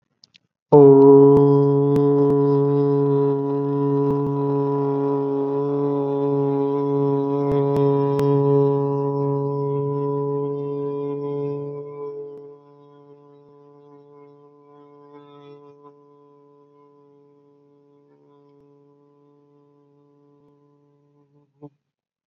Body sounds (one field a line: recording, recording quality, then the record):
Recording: sustained vowel as in boot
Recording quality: excellent, no background noise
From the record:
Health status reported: exposed to COVID-19, no respiratory illness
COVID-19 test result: negative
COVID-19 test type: RT-PCR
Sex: male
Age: 22 years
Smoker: no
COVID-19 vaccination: both doses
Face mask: not worn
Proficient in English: yes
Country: India